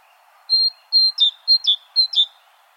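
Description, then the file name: Great tit giving a short run of clear, high whistled pairs, each a steady note followed by a slightly lower slurred one, repeated three times over faint hiss. "Parus major"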